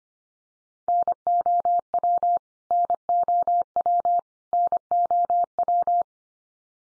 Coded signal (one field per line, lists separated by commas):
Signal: Morse code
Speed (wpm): 25 wpm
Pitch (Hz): 700 Hz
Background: none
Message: NOW NOW NOW